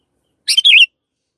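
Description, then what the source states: Canary song: a quick pair of sharp high notes leading into a short wavering trill, then silence. Long canary song used as master audio for training birds.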